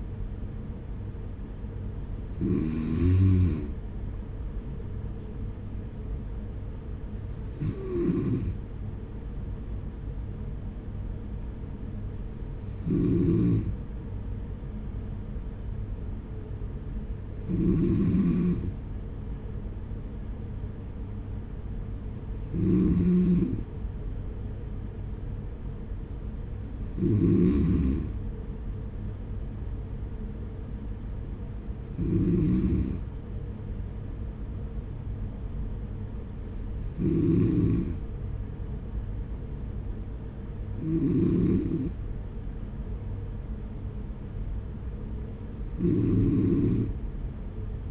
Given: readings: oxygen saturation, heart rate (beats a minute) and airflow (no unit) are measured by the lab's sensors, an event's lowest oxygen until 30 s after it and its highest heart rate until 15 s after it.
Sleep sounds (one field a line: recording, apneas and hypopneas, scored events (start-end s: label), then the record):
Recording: breathing in sleep by a smartphone at the bedside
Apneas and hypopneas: none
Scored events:
none scored
From the record:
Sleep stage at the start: N2 (light sleep)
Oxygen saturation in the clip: 93 to 95%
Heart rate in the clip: 44 to 49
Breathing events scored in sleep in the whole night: 210 in 6.9 hours asleep